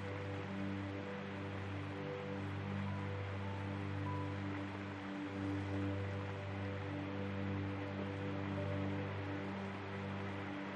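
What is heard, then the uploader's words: An atmospheric soundscape of steady vinyl crackle and hiss running unbroken under soft, sustained low notes that shift slowly and repeat. The level stays even across the whole eleven seconds, with faint higher tones drifting in now and then. Peaceful Soundscape with Vinyl Crackle Sounds. An atmospheric soundscape with 3 repeating piano loops. The sound of a crackling record player.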